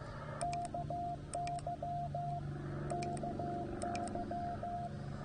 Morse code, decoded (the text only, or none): KY KY